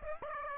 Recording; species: mosquito wingbeat signal from an infrared sensor; Aedes aegypti